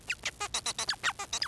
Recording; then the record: song of a male Bengalese finch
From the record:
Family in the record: son of father 4